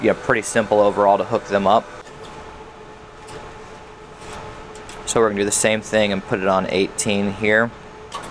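A sliding server rail for a Dell PowerEdge R630 is being handled at a rack post, positioned at position 18. Someone talks over a low steady hum, with a quieter stretch in the middle of the clip. Nothing has seated or clicked yet.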